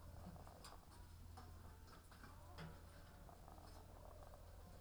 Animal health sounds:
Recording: poultry house recording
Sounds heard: sick chickens (respiratory disease)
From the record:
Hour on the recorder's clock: 18

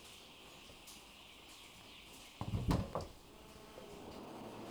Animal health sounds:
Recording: poultry house recording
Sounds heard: healthy chickens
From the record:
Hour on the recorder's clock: 15

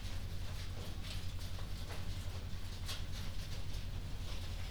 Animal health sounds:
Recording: poultry house recording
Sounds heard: no chicken sound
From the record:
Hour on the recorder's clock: 0

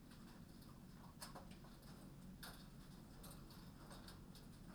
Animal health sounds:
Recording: poultry house recording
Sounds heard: no chicken sound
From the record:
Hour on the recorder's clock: 20

